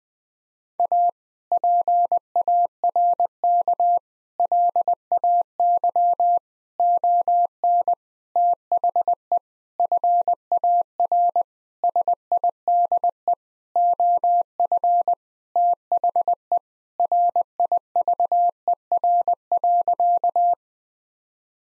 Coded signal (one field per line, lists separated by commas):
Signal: Morse code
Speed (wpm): 20 wpm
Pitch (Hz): 700 Hz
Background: none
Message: A PARK LAY ON THE FAR SIDE OF THE RIVER.